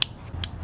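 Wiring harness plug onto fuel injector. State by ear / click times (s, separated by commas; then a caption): seated / 0.0 s, 0.4 s. Wiring harness plugs are pushed onto the fuel injectors of a car engine, with two sharp clicks at 0.0 s and 0.4 s as the connectors seat. The clicks are bright, high-pitched snaps over a low steady hum.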